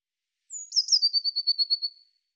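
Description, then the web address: Eurasian blue tit: a sharp high note falling in pitch, then a steady trill of about ten quick notes that fades at the end, against quiet. "Deverinetal"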